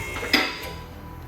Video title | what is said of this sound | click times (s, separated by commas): Vehicle Lift Operation and Safety | and there you have it and now i'm off the mechanical locks | 0.3 s